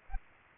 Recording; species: mosquito wingbeat signal from an infrared sensor; Aedes albopictus